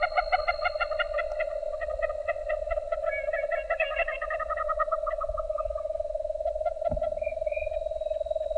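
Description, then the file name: Nightjar churring steadily as a low continuous trill while a faster pulsed series slows and fades out, followed by a brief thump and a short high note. "LENI 3 deviche"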